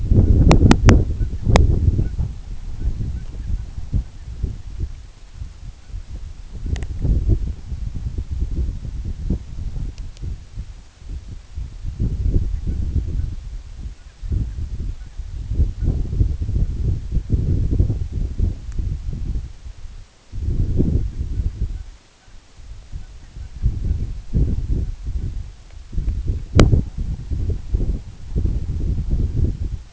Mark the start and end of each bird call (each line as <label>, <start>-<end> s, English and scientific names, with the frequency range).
Canada Goose (Branta canadensis) (1.1-3.0 kHz), 1.12-1.46 s
Canada Goose (Branta canadensis) (1.2-3.1 kHz), 1.95-2.19 s
Canada Goose (Branta canadensis) (1.2-3.0 kHz), 2.71-4.29 s
Canada Goose (Branta canadensis) (1.3-2.9 kHz), 5.75-5.92 s
Canada Goose (Branta canadensis) (1.2-3.0 kHz), 6.58-6.78 s
Canada Goose (Branta canadensis) (1.4-2.6 kHz), 12.49-12.78 s
Canada Goose (Branta canadensis) (1.2-2.8 kHz), 13.11-13.29 s
Canada Goose (Branta canadensis) (1.3-3.1 kHz), 13.90-14.61 s
Canada Goose (Branta canadensis) (1.1-2.7 kHz), 14.94-15.18 s
Canada Goose (Branta canadensis) (1.2-2.6 kHz), 15.71-15.91 s
Canada Goose (Branta canadensis) (0.7-2.5 kHz), 21.29-21.89 s
Canada Goose (Branta canadensis) (0.6-1.9 kHz), 22.14-22.34 s
Canada Goose (Branta canadensis) (0.5-2.0 kHz), 22.98-23.66 s
Canada Goose (Branta canadensis) (0.5-2.0 kHz), 24.77-25.32 s